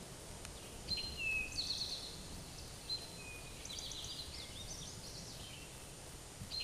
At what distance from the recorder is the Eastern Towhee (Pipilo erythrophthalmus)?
about 50 m